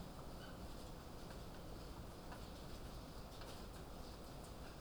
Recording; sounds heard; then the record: poultry house recording; sick chickens (respiratory disease)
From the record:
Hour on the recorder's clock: 20